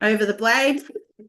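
Someone talks while a plastic peeler insert is lowered over the mixing bowl blade of a Thermomix TM6 food processor. The insert is handled but not yet home; nothing has seated or clicked yet.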